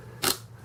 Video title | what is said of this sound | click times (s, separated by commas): Accessing Parts in a Sony SVS131DL Laptop | You hear a click going in. | 0.3 s